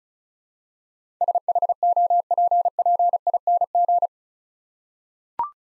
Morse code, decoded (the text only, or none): SHOPPING